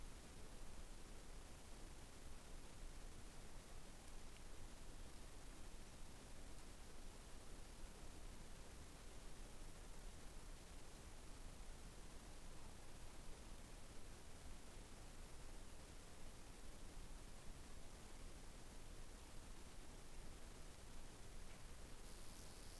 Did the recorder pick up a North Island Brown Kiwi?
no